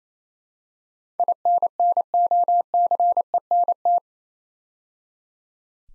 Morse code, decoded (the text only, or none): INNOCENT